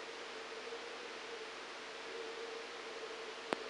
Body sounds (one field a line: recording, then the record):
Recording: brain microelectrode recording played as sound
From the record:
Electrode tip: outside the subthalamic nucleus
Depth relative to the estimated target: 4 mm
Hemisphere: right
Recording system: NeuroSet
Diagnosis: Parkinson's disease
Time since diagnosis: 7 years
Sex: male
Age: 69 years